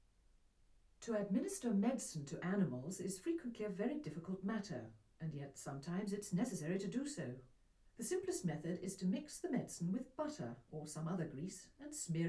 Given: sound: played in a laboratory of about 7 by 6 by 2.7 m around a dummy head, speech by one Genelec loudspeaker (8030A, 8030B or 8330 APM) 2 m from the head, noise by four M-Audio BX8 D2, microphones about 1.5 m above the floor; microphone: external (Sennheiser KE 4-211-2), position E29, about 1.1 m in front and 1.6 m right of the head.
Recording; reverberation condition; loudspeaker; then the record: female speech in English; low; 150 degrees to the left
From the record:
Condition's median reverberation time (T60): about 310 ms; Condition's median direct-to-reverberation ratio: about 3.5 dB